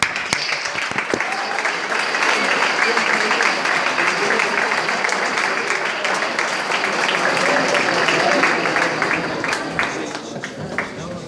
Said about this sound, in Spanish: Recibimos con un caluroso aplauso y agradecemos su presencia entre nosotros.